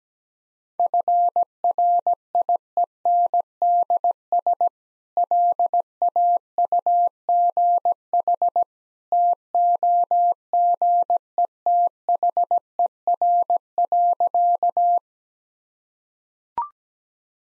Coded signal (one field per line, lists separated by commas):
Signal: Morse code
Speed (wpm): 17 wpm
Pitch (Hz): 700 Hz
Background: none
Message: FRIENDS LAUGH TOGETHER.